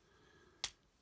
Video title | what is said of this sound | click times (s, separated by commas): Transformers Earthrise Deluxe Class Hoist Review | that you'll hear a click and you'll see how that's kind | 0.6 s